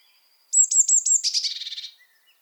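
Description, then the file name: Eurasian blue tit call: a few high, thin piping notes leading into a quick descending buzzy rattle. "Cyanistes caeruleus"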